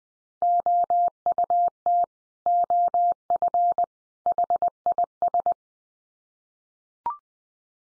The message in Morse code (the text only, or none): OUT OF HIS